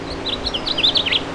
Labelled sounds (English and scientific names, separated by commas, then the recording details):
House Finch (Haemorhous mexicanus) song
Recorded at Bridgehampton on Long Island, New York, on 22 June 2013
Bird G